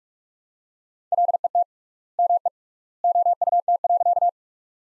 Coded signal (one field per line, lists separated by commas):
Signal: Morse code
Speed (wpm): 41 wpm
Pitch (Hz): 700 Hz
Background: none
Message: LET ME OUT.